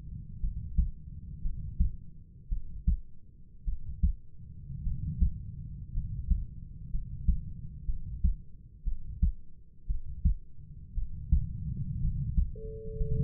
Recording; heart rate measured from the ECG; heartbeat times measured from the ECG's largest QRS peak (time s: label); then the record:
heart sounds by stethoscope; 57 bpm
0.40 s: heartbeat
1.42 s: heartbeat
2.49 s: heartbeat
3.65 s: heartbeat
4.84 s: heartbeat
5.93 s: heartbeat
6.91 s: heartbeat
7.86 s: heartbeat
8.84 s: heartbeat
9.87 s: heartbeat
10.95 s: heartbeat
12.00 s: heartbeat
12.97 s: heartbeat
From the record:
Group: healthy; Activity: rest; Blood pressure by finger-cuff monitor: 106/54 mmHg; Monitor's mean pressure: 66 mmHg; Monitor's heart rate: 57 bpm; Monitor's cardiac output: 5 L/min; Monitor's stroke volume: 88 mL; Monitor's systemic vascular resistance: 950 dyn s/cm5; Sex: male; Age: 25 years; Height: 170 cm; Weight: 70.4 kg